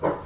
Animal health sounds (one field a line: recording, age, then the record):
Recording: pig call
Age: growing-finishing pig (85 days or more)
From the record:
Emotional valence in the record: positive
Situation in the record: run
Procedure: transit